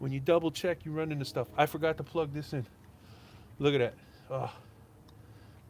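During a spark plug job on a 2008 Toyota RAV4, a plastic ignition coil wiring connector that was forgotten is handled to be pushed onto the coil pack, a tight fit. Someone talks through most of the clip, with short bursts of speech later, quiet low background noise between, and a faint tick near 5.1 seconds. The connector has not seated or clicked yet by the end.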